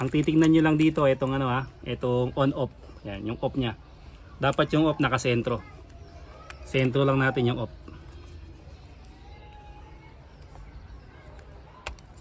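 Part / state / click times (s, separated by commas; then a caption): motorcycle ignition key switch into its mounting bracket / seated / 11.9 s, 12.0 s. Someone talks while a replacement ignition key switch for a Rusi Wave 100 motorcycle is set with its off position centered, followed by a quiet stretch. The switch is then pushed into its mounting bracket, and its two retaining clips catch with two sharp clicks at 11.9 and 12.0 seconds, leaving it seated and locked in place.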